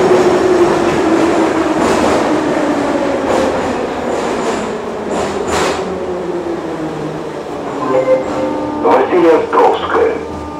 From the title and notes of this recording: St Petersburg Metro Ride. A ride in the St. Petersburg Metro.